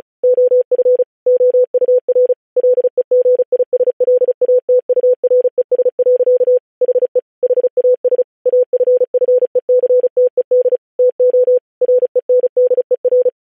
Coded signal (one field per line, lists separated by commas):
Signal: Morse code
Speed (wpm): 36 wpm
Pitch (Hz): 500 Hz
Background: none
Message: OF OUR LEGISLATURES. HE HAS AFFECTED TO RENDER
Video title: July 4, 1776. The Declaration of the thirteen united States of America in Morse Code